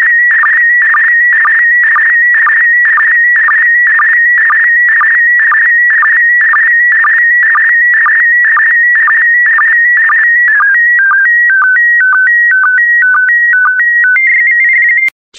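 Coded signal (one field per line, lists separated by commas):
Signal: SSTV (slow-scan television)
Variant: PD120 mode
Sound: steady warbling whistle hopping between pitches, with rhythmic short low chirps twice a second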